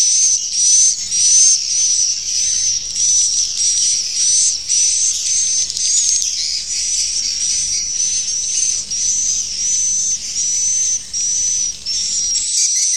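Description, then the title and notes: Swiftlet calls, a long run of buzzy high bursts repeated nearly twice a second, with a wavering thin tone through them. Swiftlet sound used in swiftlet farming in Asia. "Swiflet Bird Sound. Farming Swiflet Bird asia sound"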